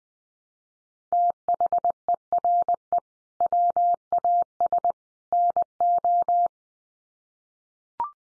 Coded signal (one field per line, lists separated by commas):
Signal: Morse code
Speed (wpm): 19 wpm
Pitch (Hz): 700 Hz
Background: none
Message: THERE WAS NO